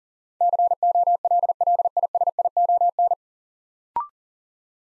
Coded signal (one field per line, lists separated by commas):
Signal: Morse code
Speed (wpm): 40 wpm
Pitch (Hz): 700 Hz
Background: none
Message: COLLISION